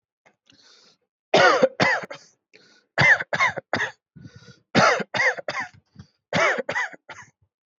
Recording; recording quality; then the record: shallow voluntary cough; excellent, no background noise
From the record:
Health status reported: COVID-19 positive, mild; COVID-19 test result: positive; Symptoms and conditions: cold, fatigue, loss of smell and taste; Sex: male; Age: 34 years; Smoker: yes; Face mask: not worn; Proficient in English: yes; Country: India